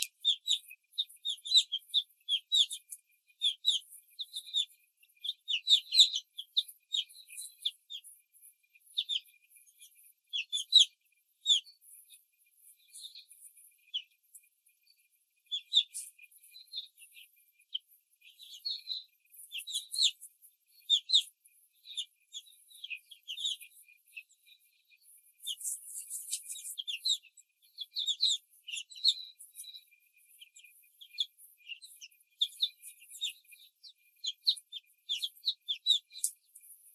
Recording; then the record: young laying hens in a cage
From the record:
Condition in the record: control cage, before the stress test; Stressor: none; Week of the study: 4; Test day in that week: 3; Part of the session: 3